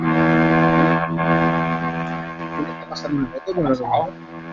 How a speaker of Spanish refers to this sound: No es mi ventilador. Es que un ventilador parece una Harley, lo que tenéis aquí.